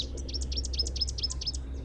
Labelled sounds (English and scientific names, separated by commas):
Rufous-capped Warbler (Basileuterus rufifrons) song